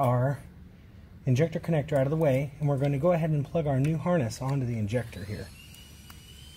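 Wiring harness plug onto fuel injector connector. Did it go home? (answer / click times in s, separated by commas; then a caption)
yes / 6.1 s. Someone talks while a new flex-fuel wiring harness plug is pushed onto a fuel injector's electrical connector, with the injector connector held out of the way. A faint, short click at 6.1 s marks the harness plug clipping in and seating on the injector.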